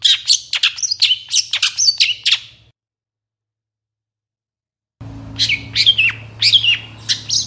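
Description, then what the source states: Long-tailed Shrike song: a rapid string of sharp, dropping whistles and scratchy notes, a short silence, then more chattering whistled phrases over a faint hum. Long-tailed shrike in full, varied song with 'toet toet' notes, recorded in the morning; meant to make other shrikes respond and sing.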